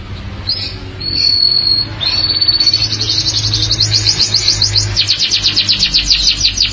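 Canary song: a few high whistles lead into a long, rapid, buzzy trill that climbs slightly in pitch and keeps going steadily; faint low hum beneath.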